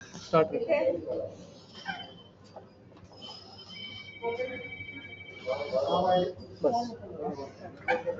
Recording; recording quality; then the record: shallow breathing; moderate, slight background noise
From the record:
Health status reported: exposed to COVID-19, no respiratory illness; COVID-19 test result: negative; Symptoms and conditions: none ticked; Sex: female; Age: 52 years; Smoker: not ticked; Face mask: worn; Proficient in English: yes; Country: India